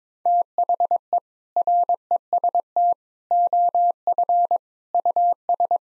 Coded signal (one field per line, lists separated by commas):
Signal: Morse code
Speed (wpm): 22 wpm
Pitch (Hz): 700 Hz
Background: none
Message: THE REST OF US